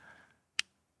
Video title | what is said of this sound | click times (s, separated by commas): Our New Favorite Glock Trigger! GS Fast Trigger Assembly | There it was. I heard it. And when you heard that click, that was the spring clicking into place in those notches. | 0.6 s